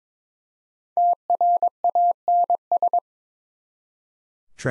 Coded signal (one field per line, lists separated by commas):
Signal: Morse code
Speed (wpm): 27 wpm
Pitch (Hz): 700 Hz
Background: none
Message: TRANS